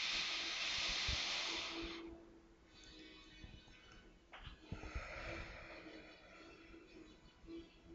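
A loud, breathy rush of air drawn in quickly over about two seconds, followed by a softer, drawn-out airy exhale that trails on steadily with faint low hum underneath.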